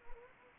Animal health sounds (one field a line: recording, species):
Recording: mosquito wingbeat signal from an infrared sensor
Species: Anopheles arabiensis